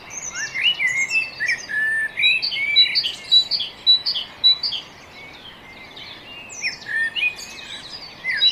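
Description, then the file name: Great tit calls: a busy stream of high, varied chirps and short rising and falling notes, with a quieter gap near the middle. "Parus major"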